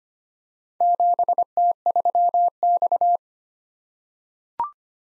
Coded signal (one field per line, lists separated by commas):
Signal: Morse code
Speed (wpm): 25 wpm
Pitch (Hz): 700 Hz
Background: none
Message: 7T3X